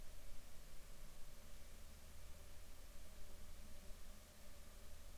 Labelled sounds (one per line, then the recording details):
insects
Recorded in the Arctic National Wildlife Refuge, Alaska, on 7 July 2019 at 19:31
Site 41